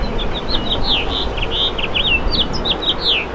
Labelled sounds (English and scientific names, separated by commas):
House Finch (Haemorhous mexicanus) song